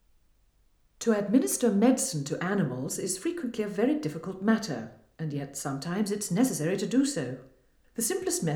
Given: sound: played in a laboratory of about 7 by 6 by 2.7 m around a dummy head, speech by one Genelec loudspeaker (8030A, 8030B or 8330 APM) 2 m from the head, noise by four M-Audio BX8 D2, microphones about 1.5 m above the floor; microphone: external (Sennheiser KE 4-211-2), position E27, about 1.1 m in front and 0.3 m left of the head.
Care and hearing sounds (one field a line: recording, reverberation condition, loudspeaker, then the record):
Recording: female speech in English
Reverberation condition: medium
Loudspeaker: 30 degrees to the left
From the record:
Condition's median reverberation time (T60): about 510 ms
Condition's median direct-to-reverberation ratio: about -0.5 dB